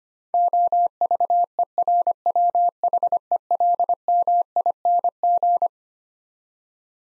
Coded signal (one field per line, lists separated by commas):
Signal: Morse code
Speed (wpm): 25 wpm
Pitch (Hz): 700 Hz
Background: none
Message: OVERWHELMING